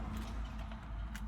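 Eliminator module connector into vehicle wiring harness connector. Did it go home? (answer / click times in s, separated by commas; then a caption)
no / none. A start/stop eliminator module's plastic connector is handled at a 2025–2026 Hyundai Tucson Limited's factory wiring harness connector after the original plug was removed, with steady low hum and rustling plus a brief sharp tick near 1.2 seconds. Nothing has seated or clicked into place yet; the connector is not home by the end.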